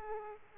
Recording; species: mosquito wingbeat signal from an infrared sensor; Aedes aegypti